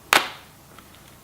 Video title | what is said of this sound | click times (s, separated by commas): How To Use A Cordless Drill | the body like that then just give it a little click and you are done | 0.1 s